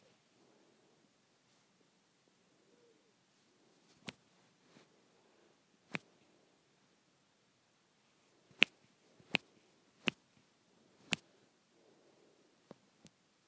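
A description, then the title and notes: Sharp, dry finger snaps ring out sparsely against near silence, first single ones around four and six seconds, then a quicker cluster of five between about eight and eleven seconds, and two lighter snaps near the end. A faint low murmur lingers underneath. ASMR Snapping.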